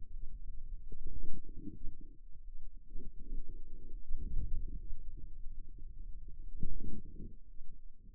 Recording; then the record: forearm muscle sounds (acoustic myography)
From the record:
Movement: wrist flexion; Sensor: system 2, bracelet of six BSWA MPA416 microphones around the upper forearm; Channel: 3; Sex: female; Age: 23 years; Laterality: right